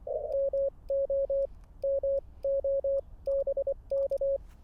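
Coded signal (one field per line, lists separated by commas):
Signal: Morse code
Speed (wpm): 24 wpm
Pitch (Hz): 550 Hz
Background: radio noise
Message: MO MOBK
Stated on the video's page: QRP Parks on the Air activation at 5 watts transmit power, with technical challenges.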